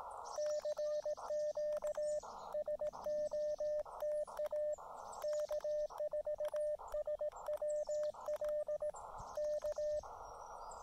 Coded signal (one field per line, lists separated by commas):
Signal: Morse code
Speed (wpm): 18 wpm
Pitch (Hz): 600 Hz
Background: radio noise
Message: CQ SOTA K4SWL K